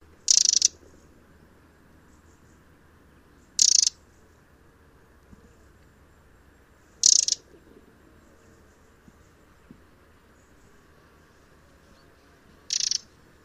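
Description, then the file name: Eurasian wren giving short, harsh, high-pitched bursts, four calls spaced about three to six seconds apart over a quiet background. "Troglodytes troglodytes"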